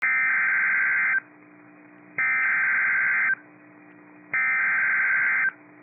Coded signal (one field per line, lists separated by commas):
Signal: Emergency Alert System (SAME) tones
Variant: header bursts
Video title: Severe Thunderstorm Warning (WI) (8/16/25) [EAS #284]